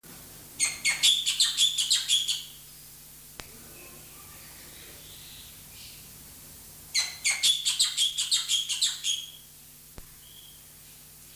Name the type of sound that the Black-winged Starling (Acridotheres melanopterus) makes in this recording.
song